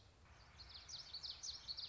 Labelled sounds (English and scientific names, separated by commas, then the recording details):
Common Yellowthroat (Geothlypis trichas)
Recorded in Sonoma County, California